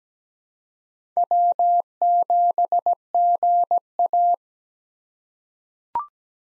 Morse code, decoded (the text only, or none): W7GA